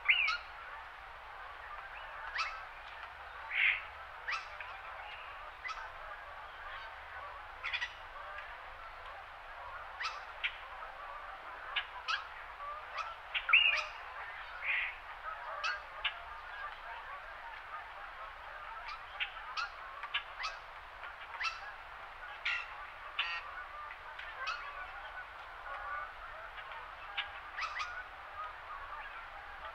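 Birds chirp and call through a winter morning, short bright notes scattered every second or two over a steady, busy murmur of calling. A few sharper, louder chirps stand out near four and fourteen seconds. A low rumble sits beneath everything.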